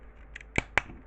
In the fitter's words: and make sure it clicks together.